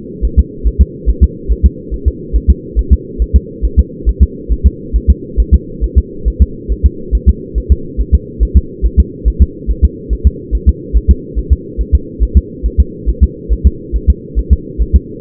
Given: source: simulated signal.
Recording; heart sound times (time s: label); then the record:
fetal heart sounds
0.25 s: S1
0.39 s: S2
0.67 s: S1
0.81 s: S2
1.09 s: S1
1.24 s: S2
1.52 s: S1
1.66 s: S2
1.94 s: S1
2.08 s: S2
2.36 s: S1
2.50 s: S2
2.79 s: S1
2.93 s: S2
3.22 s: S1
3.36 s: S2
3.65 s: S1
3.79 s: S2
4.09 s: S1
4.23 s: S2
4.52 s: S1
4.66 s: S2
4.96 s: S1
5.10 s: S2
5.40 s: S1
5.54 s: S2
5.84 s: S1
5.98 s: S2
6.28 s: S1
6.42 s: S2
6.72 s: S1
6.86 s: S2
7.15 s: S1
7.29 s: S2
7.58 s: S1
7.72 s: S2
8.00 s: S1
8.15 s: S2
8.43 s: S1
8.57 s: S2
8.86 s: S1
9.00 s: S2
9.28 s: S1
9.42 s: S2
9.71 s: S1
9.85 s: S2
10.13 s: S1
10.27 s: S2
10.55 s: S1
10.69 s: S2
10.97 s: S1
11.11 s: S2
11.38 s: S1
11.53 s: S2
11.81 s: S1
11.95 s: S2
12.23 s: S1
12.37 s: S2
12.66 s: S1
12.80 s: S2
13.09 s: S1
13.23 s: S2
13.53 s: S1
13.67 s: S2
13.96 s: S1
14.10 s: S2
14.39 s: S1
14.53 s: S2
14.82 s: S1
14.96 s: S2
From the record:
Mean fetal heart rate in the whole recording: 140 bpm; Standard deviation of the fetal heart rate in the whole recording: 2 bpm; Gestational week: 34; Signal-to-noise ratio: -4.3 dB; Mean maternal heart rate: 72 bpm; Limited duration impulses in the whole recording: absent